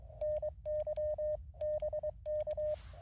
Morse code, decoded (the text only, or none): NY BK